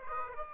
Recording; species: mosquito wingbeat signal from an infrared sensor; Aedes aegypti